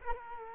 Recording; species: mosquito wingbeat signal from an infrared sensor; Culex quinquefasciatus